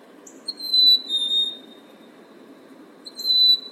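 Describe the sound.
Bird song: a loud pure whistled phrase, a high note gliding into a slightly lower held tone, then the phrase beginning again after a pause.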